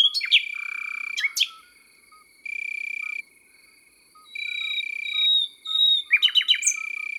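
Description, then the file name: Common nightingale song, varied and broken: sharp clicks and whistles, a low buzzy note, then after a pause a quick chattering burst, with steady high buzzing tones switching on and off, a continuous high drone and faint piping notes. Recorded in the countryside. "Rossignol philomele Chants doiseaux dans la campagne"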